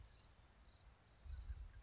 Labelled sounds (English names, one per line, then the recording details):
California Towhee
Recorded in Sonoma County, California